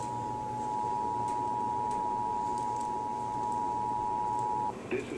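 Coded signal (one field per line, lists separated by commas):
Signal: Emergency Alert System (SAME) tones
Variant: 853 and 960 Hz attention tone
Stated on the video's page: EAS test aired on NBC 9 television, interrupting an NFL wild card game broadcast.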